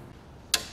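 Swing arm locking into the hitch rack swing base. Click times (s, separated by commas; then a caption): 0.5 s. The passenger-side arm of a hitch-mounted Yakima EXO swing base, part of a swing-away ski carrier setup, is swung out after its release lever is pulled. After a quiet stretch, a single sharp click sounds at 0.5 s as the arm snaps into place and locks in its open position.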